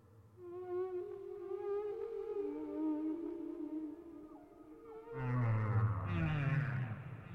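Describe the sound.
Whale song with long tonal moans in many harmonics, a sustained low note sliding down, then a louder rough cry near the end over low rumble.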